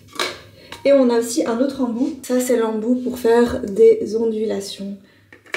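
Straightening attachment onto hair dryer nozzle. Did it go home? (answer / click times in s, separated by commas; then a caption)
yes / 0.2 s. A magnetic straightening attachment snaps onto a hair dryer nozzle with a sharp hit at 0.2 s, seating it in place. A second, smaller knock follows at about 0.7 s, and then someone talks for the rest of the clip.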